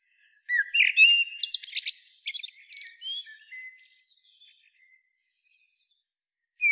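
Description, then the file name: Eurasian blackbird song: a phrase of clear whistled notes around the middle register, then a burst of high squeaky twittering, fading into soft warbling before a new note at the end. "Turdus merula"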